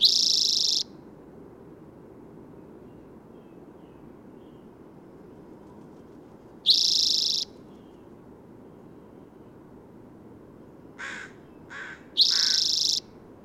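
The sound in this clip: Bird calls: loud high buzzy notes, each under a second, several seconds apart, with a few short notes before the last buzz.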